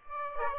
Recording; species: mosquito wingbeat signal from an infrared sensor; Aedes aegypti